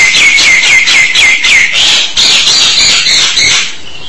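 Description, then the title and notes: Jalak (starling or myna) chatter: fast repeated scratchy notes, many with a clear whistled downslur, fading slightly at the end. "suara burung jalak"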